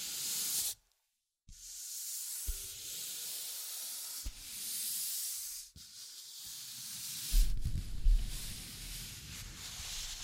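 Steady scratching and tracing fills most of the clip with a bright, airy hiss, broken by a brief silence just before the 1-second mark. Sharp taps land near 2.5, 4.3 and 5.7 seconds, and from about 7.5 seconds louder, rougher rubbing with low thuds takes over.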